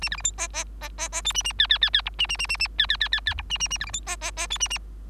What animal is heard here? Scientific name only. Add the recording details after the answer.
Lonchura striata domestica. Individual Bird3